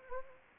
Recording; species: mosquito wingbeat signal from an infrared sensor; Anopheles arabiensis